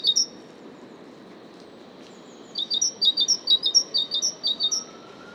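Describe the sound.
Great tit song: a brief note at the start, then a run of rapid two-note high phrases repeated several times over about two seconds, with faint background hiss.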